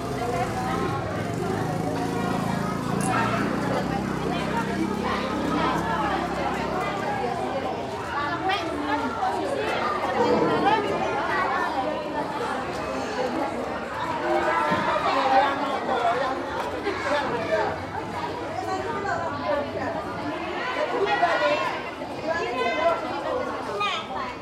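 A village morning in East Java, with steady overlapping chatter of many voices, a low engine hum early on, and busy street sounds throughout.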